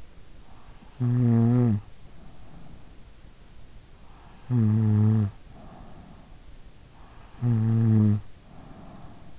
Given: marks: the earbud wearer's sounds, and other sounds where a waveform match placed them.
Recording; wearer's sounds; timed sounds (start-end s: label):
sounds in sleep by an in-ear microphone; snoring breath
0.79-3.07 s: snoring breath
4.40-6.75 s: snoring breath
7.26-9.39 s: snoring breath